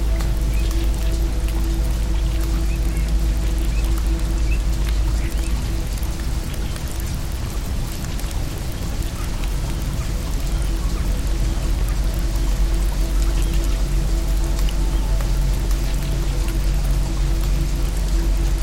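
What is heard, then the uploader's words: Steady rain falls throughout, a dense, even hiss with fine patter of drops across the top. A deep, constant low rumble sits underneath, and a faint hum of steady tones runs in the middle range. The level barely changes across the clip. Rainstorm.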